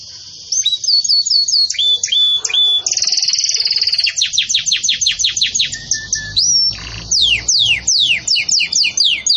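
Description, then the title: Belgian canary song: whistled phrases and high trills, then a long series of sharp descending sweeps repeated in quick succession. Belgian canary singing in the 'campainha' (bell) style, offered as a song model for tutoring young chicks. "Belíssimo Canto Do Canário Belga Campainha Para Encarte De Filhotes"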